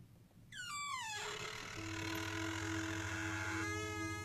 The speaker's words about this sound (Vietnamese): Cái bản lề cũ kỹ của cửa buồng được kéo ra, làm cho hai lão giật nảy mình, ngóc đầu nhìn sang.